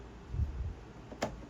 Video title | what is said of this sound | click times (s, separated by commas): How to Remove Front & Rear Door Panels on a 2009–2012 Toyota RAV4 - Step-by-Step Tutorial | That snaps in. | 1.2 s